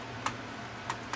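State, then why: Not seated. During reassembly of a JVC HR3500 VCR, sent in because it would not eject and then damaged by UPS in shipping, the tape-loading mechanism is lifted and fitted back into the chassis. Three short, light ticks are heard at about 0.3, 0.9 and 1.1 seconds over a low steady hum. Nothing has seated or clicked into place yet.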